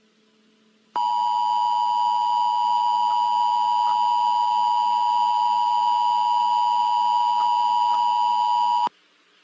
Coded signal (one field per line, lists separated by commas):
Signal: Emergency Alert System (SAME) tones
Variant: 853 and 960 Hz attention tone